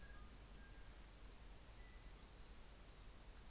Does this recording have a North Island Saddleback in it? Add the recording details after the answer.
no. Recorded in New Zealand on 24 December 2018. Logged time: 14:50